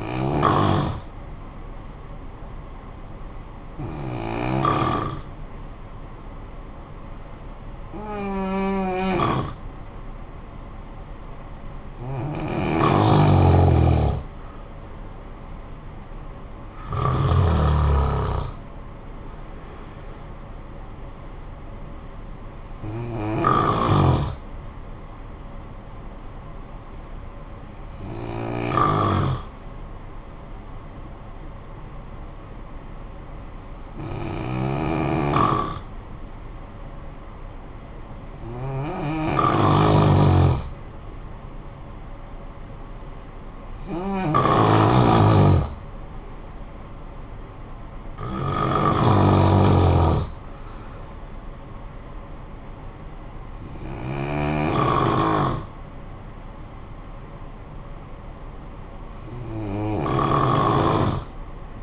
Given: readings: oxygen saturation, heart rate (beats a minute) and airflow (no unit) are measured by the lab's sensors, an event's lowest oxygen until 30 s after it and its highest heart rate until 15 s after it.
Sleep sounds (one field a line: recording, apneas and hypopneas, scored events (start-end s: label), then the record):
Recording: breathing in sleep by a smartphone at the bedside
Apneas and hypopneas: 2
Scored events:
3.00-13.50 s: hypopnea (N2, oxygen 91% highest, then 88% lowest, heart rate 57 at the start, 68 highest)
24.00-39.60 s: hypopnea (N2, oxygen 90% highest, then 88% lowest, heart rate 51 at the start, 65 highest)
From the record:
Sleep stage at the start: N2 (light sleep)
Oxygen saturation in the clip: 88 to 93%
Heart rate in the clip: 49 to 68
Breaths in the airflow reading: 13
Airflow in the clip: -10.0 to 7.0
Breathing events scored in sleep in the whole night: 445 in 7.6 hours asleep